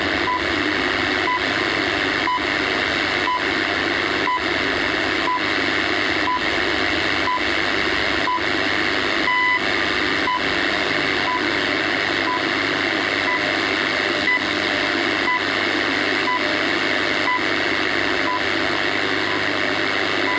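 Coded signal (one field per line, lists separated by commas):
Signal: radio time signal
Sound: short 1 kHz ticks once per second, one longer tone, over steady static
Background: radio static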